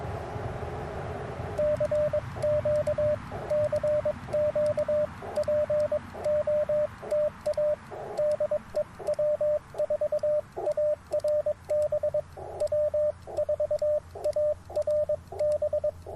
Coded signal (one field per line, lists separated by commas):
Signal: Morse code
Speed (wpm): 22 wpm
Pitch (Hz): 600 Hz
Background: radio noise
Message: CQ CQ POTA DE W4ARB W4ARB